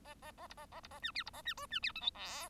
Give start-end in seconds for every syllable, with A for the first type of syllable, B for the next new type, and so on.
0.04-0.14 A, 0.22-0.32 A, 0.37-0.47 A, 0.49-0.54 B, 0.57-0.66 A, 0.71-0.80 A, 0.83-0.88 B, 0.91-0.99 A, 1.02-1.12 C, 1.14-1.24 D, 1.26-1.30 B, 1.33-1.42 A, 1.45-1.54 C, 1.57-1.66 E, 1.70-1.80 C, 1.82-1.92 D, 1.95-2.01 F, 2.01-2.10 G, 2.14-2.49 H